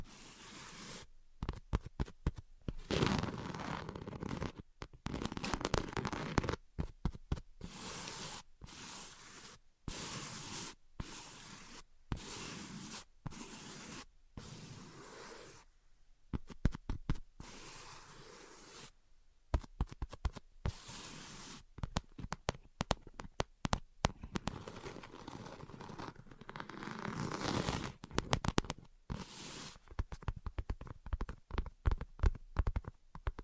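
Tapping and scratching sounds come in uneven bursts, with short crisp strokes separated by abrupt silences. Some stretches turn into dense, rough scraping, while others are sparse single taps, and the pattern keeps changing for the full half minute.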